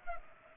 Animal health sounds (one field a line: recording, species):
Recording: mosquito wingbeat signal from an infrared sensor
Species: Culex pipiens